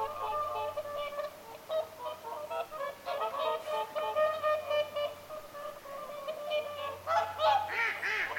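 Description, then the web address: Whooper swans bugling together, a steady stream of nasal trumpeting honks, many birds overlapping, with a low hum underneath. Whooper swans calling at Lintulahti on 6 November 2025. "paivat 6 11 2025 laulujoutsenten aantelya lintulahdella"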